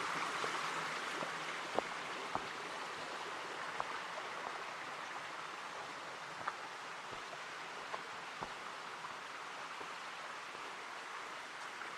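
Ambience in the Ancient Forest Preserve of Portland, Oregon: a steady, dense hiss like rainfall fills the whole clip without letup. Sharp ticks and drips land irregularly over it, a handful spread across the twelve seconds, with a faint low murmur underneath.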